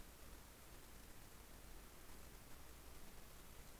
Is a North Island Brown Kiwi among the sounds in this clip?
no